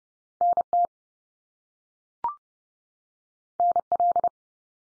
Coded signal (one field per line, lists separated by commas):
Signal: Morse code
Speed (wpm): 30 wpm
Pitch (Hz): 700 Hz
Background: none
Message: NT NL